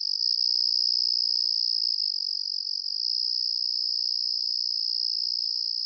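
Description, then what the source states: Crickets give a continuous shrill, finely pulsed buzz at one constant pitch, with no other sounds present. Crickets calling on a night in the countryside.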